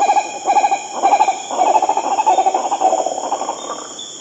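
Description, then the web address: Green ibis calling in a continuous run of fast, stuttering hoots in bursts, with constant shrill insect buzzing behind. South America. "Natures Songs S America Green Ibis"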